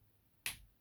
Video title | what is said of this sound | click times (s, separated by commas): Haslab Omega Prime the Combining! A Blind Reaction & Instructions: Blindformers 204 | That's got it. That was a nice, satisfying click. | 0.5 s